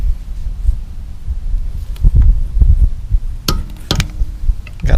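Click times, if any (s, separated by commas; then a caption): 3.5 s. A Snap-on click-type torque wrench set to 75 tightens a fastener on the other side, and the wrench gives a sharp click at 3.5 s as it reaches the setting. More brief sharp sounds follow at 3.9, 4.0 and around 4.9 to 5.0 s over low background rumble.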